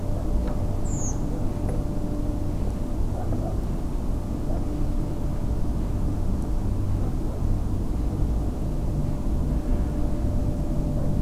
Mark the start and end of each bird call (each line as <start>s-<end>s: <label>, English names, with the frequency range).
0.84s-1.13s: Redwing (5.7-8.5 kHz)